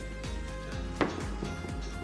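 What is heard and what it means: A male AC cable connector is pushed into the female AC connector of a solar micro-inverter trunk cable over background music, and a sharp click is heard at 1.0 s. The two connectors are now seated and joined into one.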